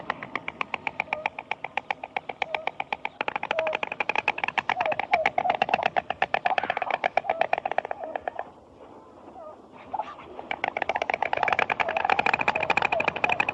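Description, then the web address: Stork clattering in fast runs of sharp wooden knocks, pausing briefly in the later part before the rattling resumes. "sound bird-stork"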